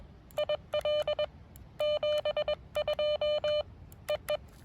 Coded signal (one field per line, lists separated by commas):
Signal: Morse code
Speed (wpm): 21 wpm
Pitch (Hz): 600 Hz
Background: none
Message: IL 72 EE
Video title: KI5GBQ at K-2779 Morse Code Activation